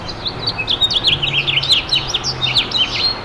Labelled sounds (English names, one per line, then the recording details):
House Finch song
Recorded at Freeport on Long Island, New York, on 28 May 2013
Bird C